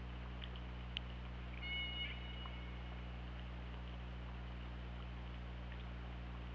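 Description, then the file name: Killer whale call, one flat sustained harmonic tone lasting over a second, plus a few faint clicks, against continuous low mechanical hum and hiss. Recorded by the OrcaLab hydrophone on 24 August 2017 at 21:04. "Orca Lab 20170824 210415"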